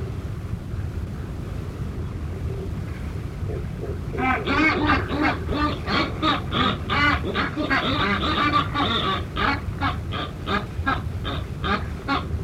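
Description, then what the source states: Buller's albatross calls start after about four seconds, a long string of raspy, duck-like pulses repeated a few times a second against constant low roaring noise. Northern subspecies.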